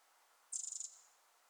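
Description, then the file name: Eurasian wren giving a single short, high, dry rattle of rapid ticking notes, about a third of a second long. "Troglodytes troglodytes"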